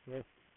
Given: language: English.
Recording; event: throat vibration sensor signal played as sound; speech